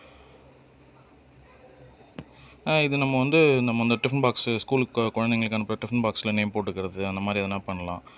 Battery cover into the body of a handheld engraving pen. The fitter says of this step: அந்த ஸ்லாட்ல இன்சர்ட் பண்ணி தள்ளுனீங்கன்னா லாக் ஆயிடும்.